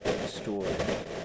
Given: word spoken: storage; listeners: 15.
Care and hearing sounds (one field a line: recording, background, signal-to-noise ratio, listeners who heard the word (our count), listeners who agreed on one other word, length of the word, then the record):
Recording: one English word in noise, from a listening test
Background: noise modulated by three-talker babble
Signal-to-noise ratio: -3.8 dB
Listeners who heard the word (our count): 2 of 15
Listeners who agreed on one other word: 9 of 15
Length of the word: 0.85 s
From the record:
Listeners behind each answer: 9, 2, 1, 1, 1, 1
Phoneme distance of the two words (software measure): 17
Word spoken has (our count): 2 syllables, 6 phonemes, stress on syllable 1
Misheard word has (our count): 2 syllables, 5 phonemes, stress on syllable 1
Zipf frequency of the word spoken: 4.20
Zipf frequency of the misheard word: 3.83